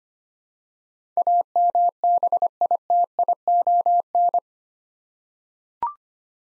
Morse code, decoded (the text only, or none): AMBITION